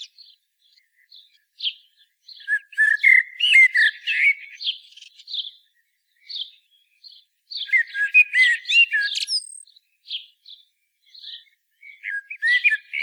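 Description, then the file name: Common blackbird delivering two long musical phrases, fluty notes mixed with scratchy high twitters, with quieter scattered notes before, between and after them. "Turdus merula"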